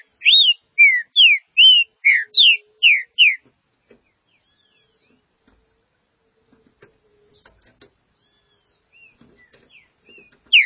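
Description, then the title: Green-winged saltator song: a quick run of several clear whistled notes, rising and falling, then near silence with faint clicks until one last note. "Trinca Ferro"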